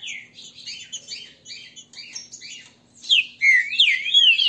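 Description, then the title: Green-winged saltator song: a run of quick, busy chirped notes, then louder, richer whistled slurs rising and falling in the second half. Trinca-ferro singing and 'macheando', a male-style song. "Canto De Trinca Ferro. TRINCA FERRO cantando e macheando"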